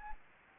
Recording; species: mosquito wingbeat signal from an infrared sensor; Anopheles arabiensis